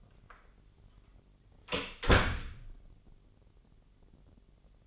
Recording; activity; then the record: daily activity, microphone in the room; close door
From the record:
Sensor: 4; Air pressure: 999.2 hPa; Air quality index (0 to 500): 114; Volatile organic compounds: 2 ppm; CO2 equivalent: 1127 ppm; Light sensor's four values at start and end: 12/29/11/13 and 12/29/12/13